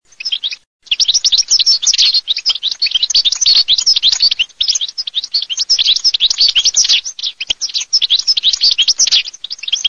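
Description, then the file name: European goldfinch giving fast, bright twittering song, tinkling chirps and trills tumbling on almost without break after a short pause near the start. "CARDFABBRI"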